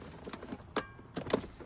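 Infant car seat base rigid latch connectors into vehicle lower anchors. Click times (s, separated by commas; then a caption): 0.8 s, 1.3 s. A Clek Liing infant car seat base is pushed back so its rigid lower-anchor latch connectors tighten against the car's anchors, with a sharp click at 0.8 s and another at 1.3 s. Both sides click home and seat, with no red showing in the indicators.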